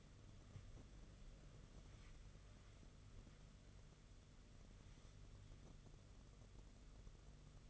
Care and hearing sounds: daily activity, microphone in the room; wipe stove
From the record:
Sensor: 4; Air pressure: 995.4 hPa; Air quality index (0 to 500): 215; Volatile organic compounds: 250 ppm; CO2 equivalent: 4361 ppm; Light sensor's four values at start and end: 24/74/28/31 and 23/73/28/30

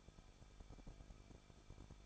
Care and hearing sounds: daily activity, microphone in the room; no activity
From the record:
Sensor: 5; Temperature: 20.8 degrees Celsius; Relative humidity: 38.3%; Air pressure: 1006.6 hPa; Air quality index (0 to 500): 185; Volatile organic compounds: 17 ppm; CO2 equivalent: 2588 ppm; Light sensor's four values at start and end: 2/3/1/1 and 2/3/1/1

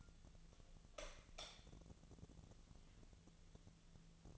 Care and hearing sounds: daily activity, microphone in the room; light on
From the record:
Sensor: 4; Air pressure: 1000.9 hPa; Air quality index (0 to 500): 122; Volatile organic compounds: 1 ppm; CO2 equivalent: 920 ppm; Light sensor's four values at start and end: 27/66/27/29 and 30/76/31/33

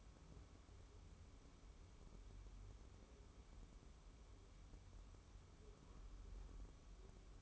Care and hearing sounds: daily activity, microphone in the room; wipe stove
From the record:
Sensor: 1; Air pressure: 1015.1 hPa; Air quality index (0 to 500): 48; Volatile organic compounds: 1 ppm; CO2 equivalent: 632 ppm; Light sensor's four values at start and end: 14/32/13/15 and 14/32/13/15

